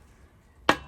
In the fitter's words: it a couple of swift whacks on one side and Bob's your uncle. The bushing just pops into place